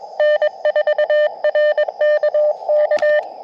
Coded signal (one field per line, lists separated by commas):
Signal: Morse code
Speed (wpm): 21 wpm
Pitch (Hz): 600 Hz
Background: none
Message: N4RKK